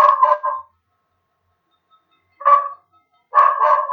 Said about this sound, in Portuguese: O cachorro falando aqui.